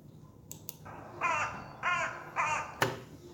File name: aaskrähe